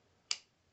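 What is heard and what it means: The folding clasp of a steel bracelet on a Rolex Daytona 116500LN in steel and ceramic is closed by hand and slowly grabs into place. A single short, sharp click sounds at 0.3 s (0.31 s), bright and high-pitched, then fades quickly into quiet. The clasp is seated shut.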